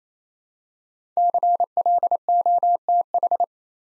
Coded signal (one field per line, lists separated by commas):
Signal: Morse code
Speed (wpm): 27 wpm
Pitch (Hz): 700 Hz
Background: none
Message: CLOTH